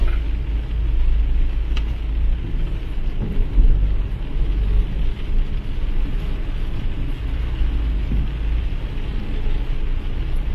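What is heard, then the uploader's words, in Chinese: Driving in the rain, heard from inside the car: a heavy, steady low rumble of the engine and road fills the whole clip, with a dense wash of rain hiss above it. A faint brief squeak stands out near the two-second mark. 在雨中开车。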